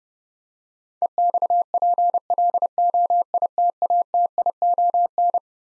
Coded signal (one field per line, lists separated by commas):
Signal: Morse code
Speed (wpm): 30 wpm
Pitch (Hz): 700 Hz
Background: none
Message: EXPLOITATION